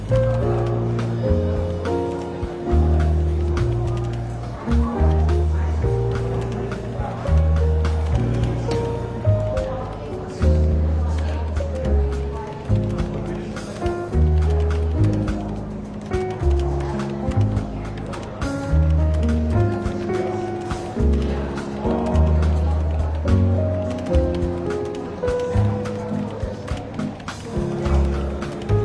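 Soft, relaxed jazz plays steadily in a bookshop café, with a walking bass line stepping through regular low notes and light chords above it. Quiet voices murmur throughout beneath the music, and small clinks and taps come and go.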